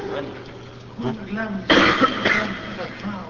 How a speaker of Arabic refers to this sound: عطس سامع.